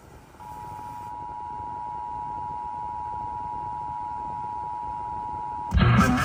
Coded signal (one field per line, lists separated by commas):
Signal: Emergency Alert System (SAME) tones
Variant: 853 and 960 Hz attention tone